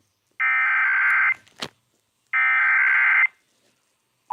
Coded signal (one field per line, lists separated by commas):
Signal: Emergency Alert System (SAME) tones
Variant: header bursts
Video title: Iowa Required Monthly Test (EAS #73-75)